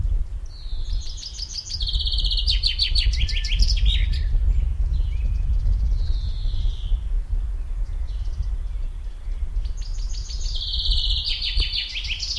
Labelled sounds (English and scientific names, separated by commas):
Common Chaffinch (Fringilla coelebs) song